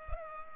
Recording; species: mosquito wingbeat signal from an infrared sensor; Culex pipiens